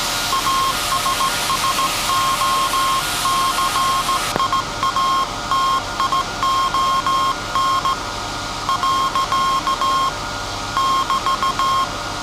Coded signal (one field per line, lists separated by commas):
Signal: Morse code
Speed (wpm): 16 wpm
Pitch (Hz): 1070 Hz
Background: none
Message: ASSOCIATION . <BT>